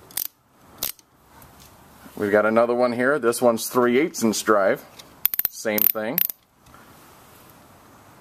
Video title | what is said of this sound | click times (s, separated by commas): Subaru Timing Belt Guide (HD)(1/5) | drive breaker bar its ratcheting and locks in place | 0.2 s, 0.8 s